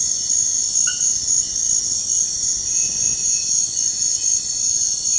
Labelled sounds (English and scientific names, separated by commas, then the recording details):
none
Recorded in dense forest near Puerto Asís, Putumayo, Colombia, on 20 February 2024 at 05:00
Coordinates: 0.472, -76.329
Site G6394